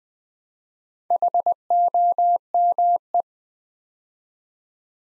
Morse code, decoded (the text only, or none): HOME